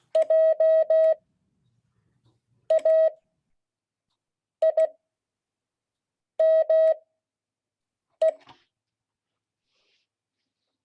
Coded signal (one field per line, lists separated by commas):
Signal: Morse code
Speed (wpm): 16 wpm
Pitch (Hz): 640 Hz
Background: none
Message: JAIME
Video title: Friday 2022-08-12 Morse code class